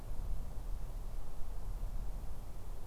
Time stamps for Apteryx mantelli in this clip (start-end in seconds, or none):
none